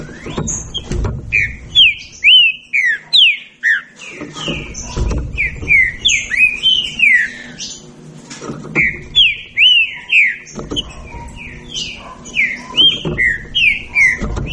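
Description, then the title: Green-winged saltator song: rapid slurred whistles in two long runs, over a steady low hum. Birds engaged in a singing dispute. "Trinca Ferro Nicao"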